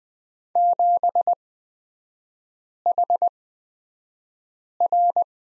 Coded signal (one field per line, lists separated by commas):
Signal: Morse code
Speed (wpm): 20 wpm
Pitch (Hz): 700 Hz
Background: none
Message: 7HR